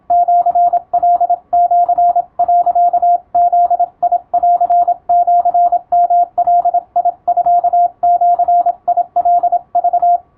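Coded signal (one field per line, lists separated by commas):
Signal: Morse code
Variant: Japanese Wabun code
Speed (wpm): 26 wpm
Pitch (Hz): 700 Hz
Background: radio noise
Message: シカシ、ブンシヨガミジカク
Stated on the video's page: Morse receiving practice for radiotelegraph operators, using typing-speed test practice texts as material.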